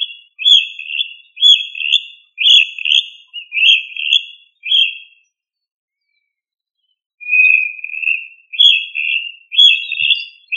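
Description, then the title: Rail calling with repeated shrill whistled notes about once a second, a two-second silence, then a lower drawn-out note and more sharp whistles. "LuckyFamilia RallidaeFrangoSama"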